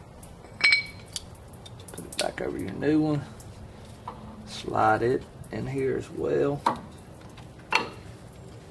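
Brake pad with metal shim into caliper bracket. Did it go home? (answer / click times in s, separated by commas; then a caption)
yes / 7.8 s. A new front brake pad, with the metal shim or clip moved over from the old pad, is slid into the caliper bracket among light metallic clinks while someone talks. A sharp metallic snap at 7.8 s marks the pad popping into place, seated.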